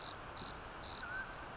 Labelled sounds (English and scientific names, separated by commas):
Mountain Quail (Oreortyx pictus)